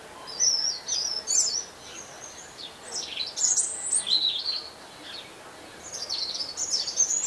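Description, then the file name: European robin song: thin, high warbled phrases with sudden pitch jumps, delivered in short bursts separated by brief pauses, over a steady background hiss. "Erithacus rubecula"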